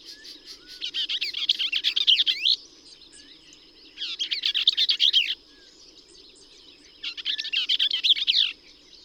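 Bell's vireo song: three hurried, scratchy warbled phrases roughly every three seconds, a continuous thin high hum behind them.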